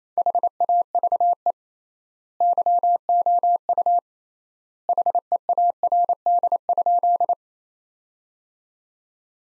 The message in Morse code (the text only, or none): HAVE YOU HEARD?